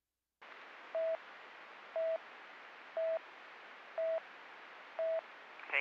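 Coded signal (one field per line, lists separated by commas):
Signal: none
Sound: radio channel beeps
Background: speech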